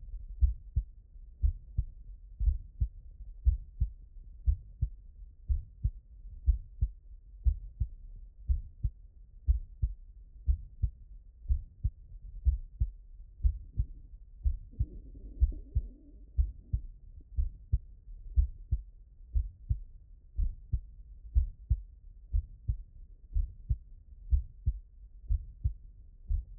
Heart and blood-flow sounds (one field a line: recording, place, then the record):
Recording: heart sounds by stethoscope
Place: mitral valve (MV)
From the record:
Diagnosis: non-HFrEF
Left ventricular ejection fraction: 62%